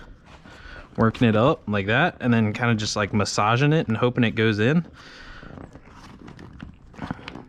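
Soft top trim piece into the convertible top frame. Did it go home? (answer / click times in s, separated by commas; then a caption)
yes / 7.1 s, 7.3 s. A plastic trim piece is folded and massaged into the frame of a Honda Beat convertible soft top while someone talks. After the talking stops, faint handling noise leads to sharp pops at 7.1 s and 7.3 s as the trim piece snaps into place and seats.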